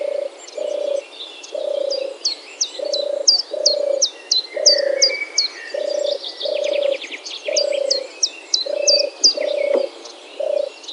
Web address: vogelstimmen turteltaube johannes buhl